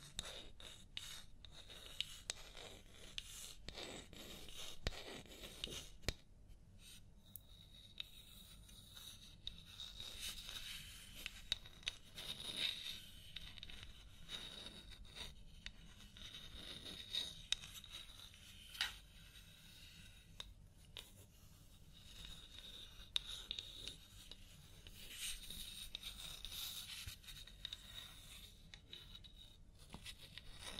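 A scalp massage during a hair wash: fingers rub and scratch through hair in a steady, crackly texture full of tiny clicks and pops. The hissy rustling swells and fades in waves, busiest around ten to thirteen seconds and again near twenty-five.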